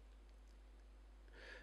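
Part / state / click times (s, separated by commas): chimney into atomizer tank base / not seated / none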